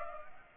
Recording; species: mosquito wingbeat signal from an infrared sensor; Culex pipiens